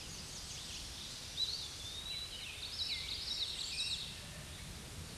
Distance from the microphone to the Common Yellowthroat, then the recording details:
about 20 m. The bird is about 5 m above the microphone. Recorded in a Pennsylvania forest on 16 May 2024 at 06:51. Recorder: AudioMoth, point MSD-2107. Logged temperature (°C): 16.1 °C. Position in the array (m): 55 m, 141 m